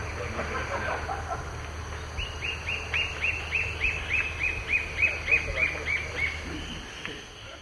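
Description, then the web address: White-flanked antwren song: a quick run of bright repeated notes, rising in loudness then fading, against a low rumble and background noise. Eastern lowlands of South America. "Natures Songs S America Eastern Lowlands. White-flanked Antwren"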